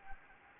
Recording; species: mosquito wingbeat signal from an infrared sensor; Anopheles gambiae